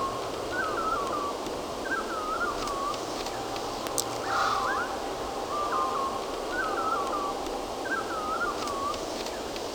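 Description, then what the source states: Bird song, short warbled phrases repeated steadily over a dense steady hum and hiss. Backyard birds singing.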